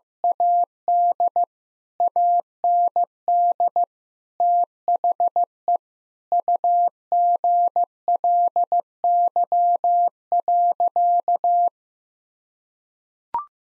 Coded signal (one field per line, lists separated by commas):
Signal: Morse code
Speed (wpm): 15 wpm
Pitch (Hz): 700 Hz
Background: none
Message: AD AND THE UGLY.